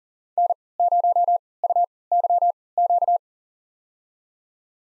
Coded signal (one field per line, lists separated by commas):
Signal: Morse code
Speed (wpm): 40 wpm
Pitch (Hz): 700 Hz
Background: none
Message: N0UYQ